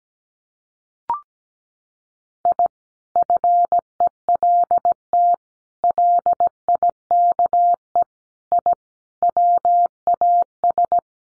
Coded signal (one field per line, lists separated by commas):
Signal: Morse code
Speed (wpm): 17 wpm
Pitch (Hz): 700 Hz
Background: none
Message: I FELT LIKE I WAS